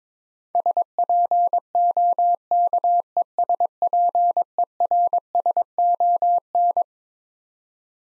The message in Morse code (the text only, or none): SPOKESPERSON